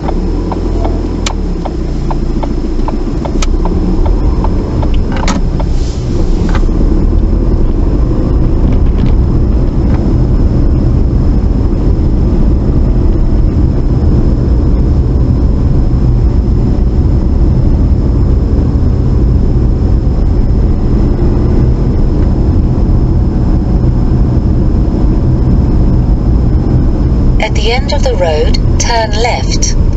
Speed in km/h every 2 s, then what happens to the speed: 5, 11, 15, 26, 29, 27, 29, 27, 29, 27, 29, 31, 31, 26, 19.
0-7 speeds up to 29. 7-24 steady at about 29. 24-30 slows to 19.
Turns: 0-3.